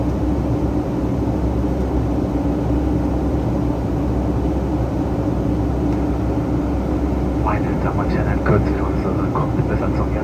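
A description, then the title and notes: Inside a Boeing 757 cabin on a flight from Frankfurt to Palma, the engines give a steady, deep roar with a constant low hum that never lets up. From about seven seconds on, a voice speaks in short bursts over the drone. FULL FLIGHT - Boeing 757 Frankfurt to Palma (Condor) - WHITE NOISE. Full flights with all of it's sounds including passenger announcements, service and of course the engines.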